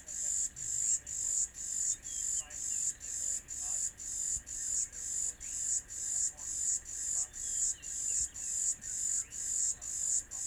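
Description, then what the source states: B. brevis call: sharp, high buzzy pulses repeat about twice a second, evenly. Recorded at Morningside Ranch.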